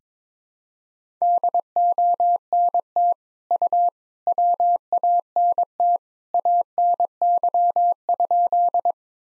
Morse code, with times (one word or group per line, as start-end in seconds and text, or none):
1.2-3.1 DONT
3.5-3.9 U
4.3-6.0 WANT
6.3-8.9 ANY?